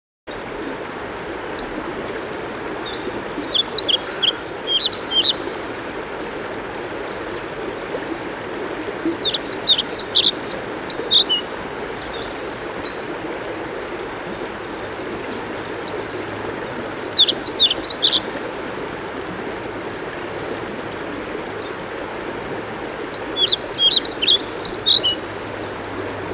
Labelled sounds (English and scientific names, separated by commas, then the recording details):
European Pied Flycatcher (Ficedula hypoleuca)
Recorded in the wild
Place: Thale, Sachsen-Anhalt, DE
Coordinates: 51.731, 11.063
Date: 1978-05-07
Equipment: Nagra III BH, Sennheiser MD 21, parabola
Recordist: Schubert, Michael
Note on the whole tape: Gesang und Rufe Trauerschnäpper